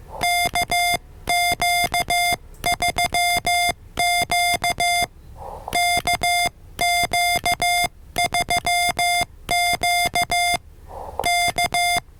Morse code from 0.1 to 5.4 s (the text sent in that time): KQ3Q